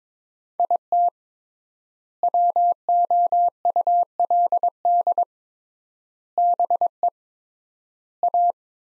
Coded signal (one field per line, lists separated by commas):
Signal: Morse code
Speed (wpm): 21 wpm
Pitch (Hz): 700 Hz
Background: none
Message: IT WOULD BE A